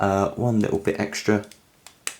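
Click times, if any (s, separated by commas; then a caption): 2.1 s. Someone talks while pushing the last plastic pin, already almost in, one little bit extra into a turbofan model engine kit assembly. After a faint tick at 1.9 s, a loud sharp snap at 2.1 s marks the pin clicking home and seating.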